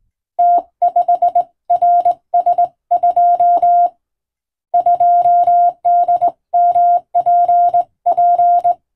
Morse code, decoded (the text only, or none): T5RS2 2DMPP